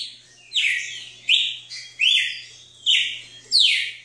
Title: Galo de Campina